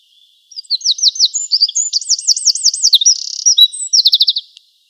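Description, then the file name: Eurasian wren song, a high rapid sequence of looping trilled notes with a short buzzy section and a quick ringing rattle at the end. "Troglodytes troglodytes"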